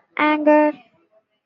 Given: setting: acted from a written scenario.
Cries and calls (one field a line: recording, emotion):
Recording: vocal sound without words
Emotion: anger